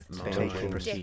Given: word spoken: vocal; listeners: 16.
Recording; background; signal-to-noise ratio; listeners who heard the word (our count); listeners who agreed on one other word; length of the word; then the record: one English word in noise, from a listening test; four-talker babble; -1.5 dB; 0 of 16; 6 of 16; 0.63 s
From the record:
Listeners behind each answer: 6, 2, 1, 1, 1, 1, 1, 1, 1, 1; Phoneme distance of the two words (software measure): 30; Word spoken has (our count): 2 syllables, 5 phonemes, stress on syllable 1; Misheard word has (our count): 2 syllables, 5 phonemes, stress on syllable 1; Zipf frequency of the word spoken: 3.84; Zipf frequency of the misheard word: 5.42